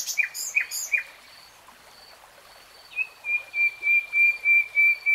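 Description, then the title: Nightingale song: a few loud repeated chirps, a quiet gap, then a steady, slow series of pulsed whistled notes. Nightingale singing, from a three-hour real-time recording. "[Tiếng chim hót] REALTIME Nightingale Singing"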